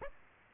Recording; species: mosquito wingbeat signal from an infrared sensor; Aedes aegypti